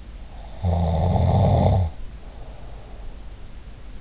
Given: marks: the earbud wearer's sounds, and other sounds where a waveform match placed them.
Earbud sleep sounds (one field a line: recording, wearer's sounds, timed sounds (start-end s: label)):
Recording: sounds in sleep by an in-ear microphone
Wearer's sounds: snoring breath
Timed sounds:
0.34-3.09 s: snoring breath